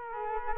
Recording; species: mosquito wingbeat signal from an infrared sensor; Culex quinquefasciatus